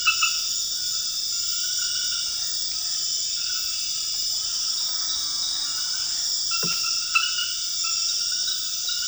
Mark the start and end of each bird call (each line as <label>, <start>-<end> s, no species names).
bird call, 6.59-6.77 s